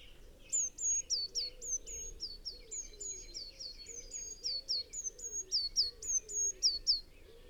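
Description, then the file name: Eurasian blue tit repeating thin, high whistled notes with falling tails at a quick rhythm, while softer, lower wavering sounds run underneath throughout. "Cyanistes caeruleus"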